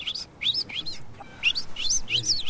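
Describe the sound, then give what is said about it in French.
Someone whistles an imitation of a pet goldfinch's call, the call the bird made when it was very young: quick, high, twittering chirps in two lively bursts separated by a short pause, with no talking over them. “Mais quand je sifflais comme ça, il reconnaissait. Et qu'est-ce qu'il est devenu, ce chardonneret?”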